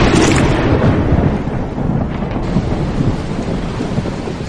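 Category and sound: nature, rolling thunder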